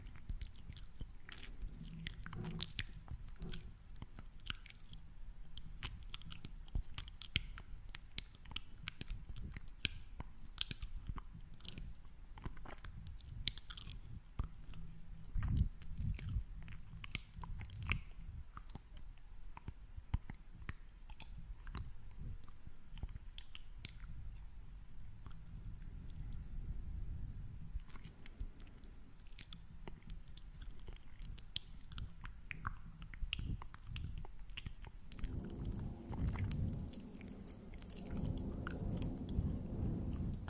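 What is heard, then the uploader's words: Mouth sounds fill the recording: a steady stream of small wet clicks, smacks and chewing-like squishes, dense and irregular throughout. A low soft rumble sits underneath, and near the end the sounds turn fuller and louder with a brighter hiss. Mouth Sounds.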